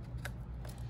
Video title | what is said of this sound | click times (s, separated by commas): PedalBox for Can-am Ryker and Spyder (MUCH faster throttle response) | again see this tab in here it's going to lock onto that | 0.3 s